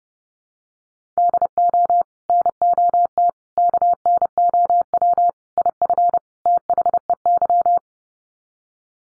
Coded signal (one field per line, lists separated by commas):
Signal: Morse code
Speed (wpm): 30 wpm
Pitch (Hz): 700 Hz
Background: none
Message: DO NOT KNOW IF THEY